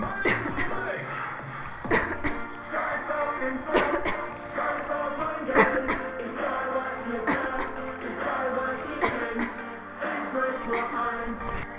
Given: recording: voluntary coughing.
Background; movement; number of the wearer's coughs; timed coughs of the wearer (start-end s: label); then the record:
music; sitting; 13
0.21-0.51 s: cough
0.51-0.94 s: cough
1.88-2.17 s: cough
2.17-2.51 s: cough
3.71-4.01 s: cough
4.01-4.40 s: cough
5.42-5.88 s: cough
5.88-6.17 s: cough
7.19-7.52 s: cough
7.52-7.77 s: cough
8.95-9.36 s: cough
9.36-9.54 s: cough
10.70-11.06 s: cough
From the record:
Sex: female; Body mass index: 18.3 kg/m2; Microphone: on the chest, facing the body